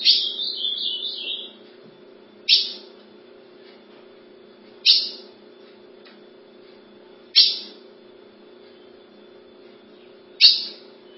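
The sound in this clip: Ultramarine grosbeak opening with a brief warbled whistled phrase, then four sharp falling call notes spaced two to three seconds apart, over a steady low hum.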